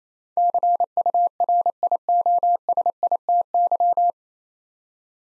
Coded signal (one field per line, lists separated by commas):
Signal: Morse code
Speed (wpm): 28 wpm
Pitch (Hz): 700 Hz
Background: none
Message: CURIOSITY